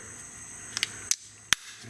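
A small blade is slid under the plastic handle scale of a Victorinox 111 mm pocket knife and twisted to pry it off the frame for a pocket clip installation. Faint ticks of the blade working come at about 0.8 s and 1.1 s, then the scale pops loose with a sharp snap at 1.5 s. The scale comes free.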